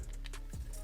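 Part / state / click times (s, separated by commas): plastic body panel pegging into the arm slot of a transforming action figure / seated / 0.3 s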